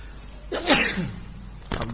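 a sneeze

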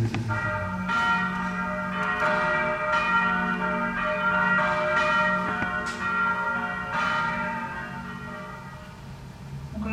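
church bell ringing

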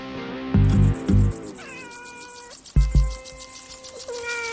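kitten meowing

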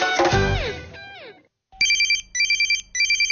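telephone ringing

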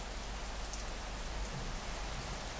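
heavy rain falling

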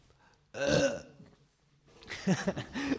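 burp

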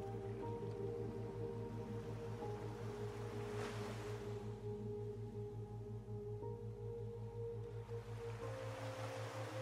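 ocean waves

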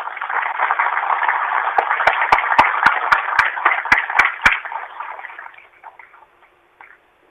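audience applause

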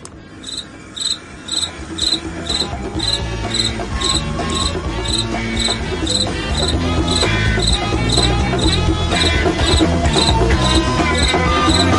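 crickets chirping sound effect

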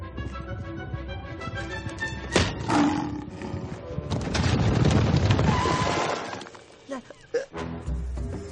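tiger roaring

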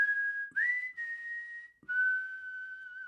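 person whistling a tune

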